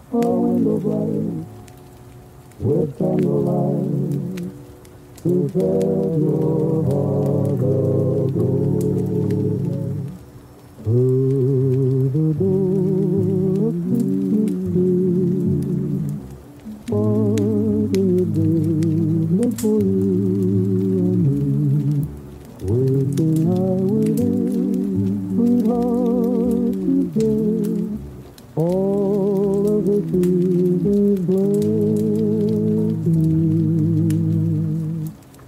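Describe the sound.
Christmas oldies play from another room, heard muffled through the walls with only the low and middle tones of the singing and instruments coming through. The music runs in phrases with brief quiet breaks every few seconds, and faint crackles tick in the background.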